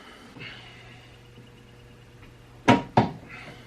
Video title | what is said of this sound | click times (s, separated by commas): Schlumpf repair and Cadence ride | there we go did you hear it click over it finally clicked over | 3.0 s